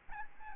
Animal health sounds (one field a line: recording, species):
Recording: mosquito wingbeat signal from an infrared sensor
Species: Aedes albopictus